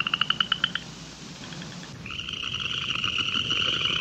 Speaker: We're hearing a large chorus of upland chorus frogs.